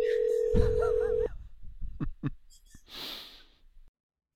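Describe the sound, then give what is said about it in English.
Telephone dialing and ringing on a call back to Alabama Films Incorporated: a steady electronic tone holds for about a second, then a few sharp clicks and a short hissy burst follow, with faint breathy sounds mixed in. “Let's give a call back.”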